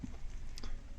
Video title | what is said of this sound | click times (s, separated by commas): MOTU: Deluxe Trap Jaw and Tri-Klops - Toy Review | notch, so they kind of click into place. Yep. | 0.6 s